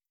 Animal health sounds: hydrophone in a shrimp aquaculture tank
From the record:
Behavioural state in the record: starved

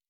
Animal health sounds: hydrophone in a shrimp aquaculture tank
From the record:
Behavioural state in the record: normal

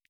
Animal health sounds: hydrophone in a shrimp aquaculture tank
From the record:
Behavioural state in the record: feeding

